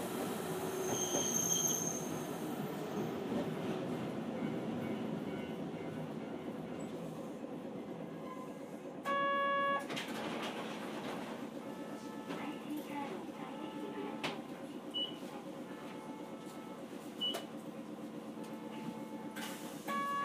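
A small Hankai tram rumbles along steadily, wheels squealing high early on, a short electronic tone sounding near the middle and end, with occasional clacks.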